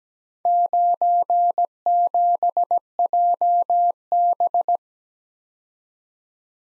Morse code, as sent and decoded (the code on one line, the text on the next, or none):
----. --... .--- -...
97JB